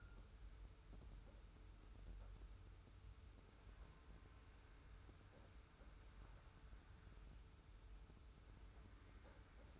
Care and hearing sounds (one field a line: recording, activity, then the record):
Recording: daily activity, microphone in the room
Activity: wipe stove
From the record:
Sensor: 2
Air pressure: 991.3 hPa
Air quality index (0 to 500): 152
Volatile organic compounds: 491 ppm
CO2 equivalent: 4808 ppm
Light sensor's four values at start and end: 38/111/44/41 and 38/111/44/41